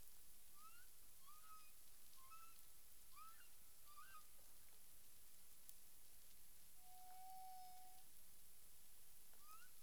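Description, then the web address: Humpback whale: a quick series of short upswept tonal calls, a sustained even moan after a pause, then one more upsweep, with a steady hiss throughout. Recorded in the Caribbean on 9 April 2002 at 18:12 UTC. "CARIMAM. humpback whale"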